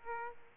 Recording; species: mosquito wingbeat signal from an infrared sensor; Aedes aegypti